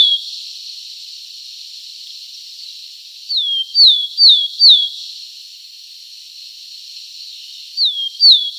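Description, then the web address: Willow tit singing descending whistled notes, a run of four followed later by two more, over a steady background hiss. "Schulze Peter Willow Tit song"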